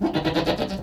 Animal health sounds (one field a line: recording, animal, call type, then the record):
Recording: contact call of a hoofed animal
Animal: goat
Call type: low-frequency (closed-mouth) or high-frequency (open-mouth) call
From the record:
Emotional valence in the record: negative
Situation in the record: food frustration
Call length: 0.83 s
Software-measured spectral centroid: 2070 Hz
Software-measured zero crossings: 1780 a second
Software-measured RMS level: -24 dBFS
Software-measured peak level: -9 dBFS